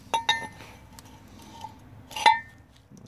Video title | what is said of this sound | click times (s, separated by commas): Propeller change/service for Mercury Outboard with Flo Torq II system | clicks into place | 2.3 s